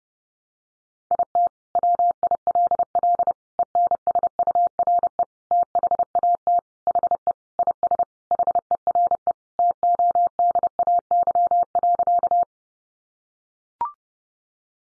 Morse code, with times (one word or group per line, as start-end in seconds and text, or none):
1.1-1.5 IT
1.8-3.3 WILL
3.6-5.2 ENSURE
5.5-6.6 THAT
6.9-7.3 HE
7.6-8.0 IS
8.3-9.3 HERE
9.6-12.4 TODAY.